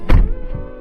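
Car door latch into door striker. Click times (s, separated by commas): 0.1 s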